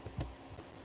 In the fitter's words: till it clicks into place.